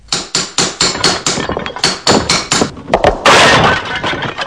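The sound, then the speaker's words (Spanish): A hammer pounds away at an artwork in a quick, uneven series of sharp, loud blows, then one final smash sets off a sustained crash of the artwork shattering to pieces, rattling on to the end. “E hizo añicos la monstruosa obra, dejando solo intacta a la mariposa.”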